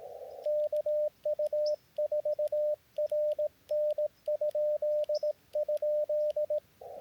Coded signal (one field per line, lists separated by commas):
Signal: Morse code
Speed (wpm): 18 wpm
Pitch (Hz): 590 Hz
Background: radio noise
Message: KU4RN ??